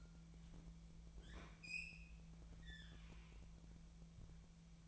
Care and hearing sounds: daily activity, microphone in the room; open fridge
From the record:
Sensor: 1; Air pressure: 1000.1 hPa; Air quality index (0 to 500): 135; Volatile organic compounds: 2 ppm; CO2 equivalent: 1272 ppm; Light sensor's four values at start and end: 37/94/39/48 and 37/93/39/48

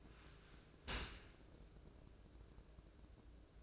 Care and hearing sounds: daily activity, microphone in the room; open dishwasher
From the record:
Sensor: 2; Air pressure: 1012.2 hPa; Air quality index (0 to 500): 148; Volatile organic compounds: 2 ppm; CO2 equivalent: 1082 ppm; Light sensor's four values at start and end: 424/1054/428/434 and 424/1053/428/434

